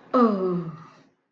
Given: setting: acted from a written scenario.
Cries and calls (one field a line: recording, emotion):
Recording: vocal sound without words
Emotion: confusion